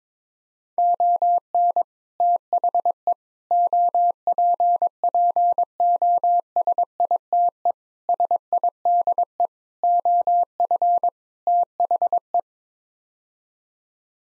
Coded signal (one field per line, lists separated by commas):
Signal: Morse code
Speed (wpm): 22 wpm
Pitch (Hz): 700 Hz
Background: none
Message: ON THE OPPOSITE SIDE OF THE